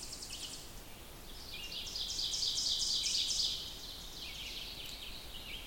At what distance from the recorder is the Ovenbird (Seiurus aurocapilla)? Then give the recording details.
about 30 m. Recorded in boreal forest in Alberta, Canada, on 2 June 2016 at 08:09. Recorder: SongMeter 3, array SBT-3-7. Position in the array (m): 24 m, 134 m. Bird 4